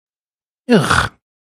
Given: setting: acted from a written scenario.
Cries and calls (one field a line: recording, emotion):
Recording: vocal sound without words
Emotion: disgust